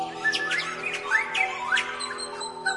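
Bright, rapid bird chirps and short rising tweets repeat over a steady, humming musical drone, with a few higher whistled notes near the end.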